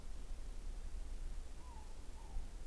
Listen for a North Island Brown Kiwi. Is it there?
no